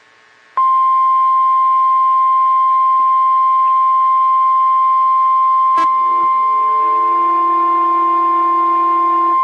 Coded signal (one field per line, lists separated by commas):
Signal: Emergency Alert System (SAME) tones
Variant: 1050 Hz attention tone